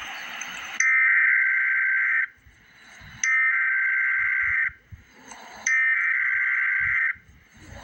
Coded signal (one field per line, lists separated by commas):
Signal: Emergency Alert System (SAME) tones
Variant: header bursts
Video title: Emergency Alert System - Severe Thunderstorm Warning - Mar 11, 2026 at 11:04 AM EDT